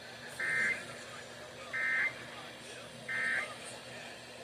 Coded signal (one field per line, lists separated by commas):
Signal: Emergency Alert System (SAME) tones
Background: speech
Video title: RMT's and RWT (EAS 42-45)